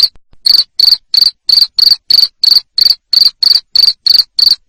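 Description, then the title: Cricket calling with a run of loud, high chirps, about three per second, after a quiet start. Loud cricket chirping played to make lovebirds sing ngekek continuously. "Suara JANGKRIK NGERIK Keras Bikin LOVEBIRD Jadi NGEKEK Terus Vubey"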